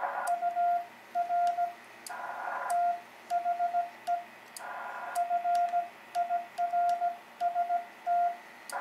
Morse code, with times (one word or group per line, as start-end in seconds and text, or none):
0.3-1.7 UR
2.7-4.2 THE
5.2-8.3 FIRST